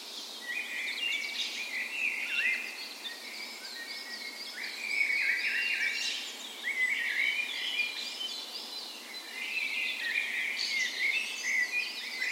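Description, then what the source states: Bird dawn chorus: many songbirds singing together, a continuous overlapping web of trills, warbles and chirps. Spring dawn chorus recorded on the morning of 17 May, Norway's National Day, in a park west in Bergen, Norway; Sony PCM A10 recorder with LOM Usi microphones placed as "tree ears".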